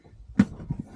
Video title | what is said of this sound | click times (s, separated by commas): NEW KEMIMOTO shoulder bag for X3, Can Am X3 storage. | and there snapped into place | 0.4 s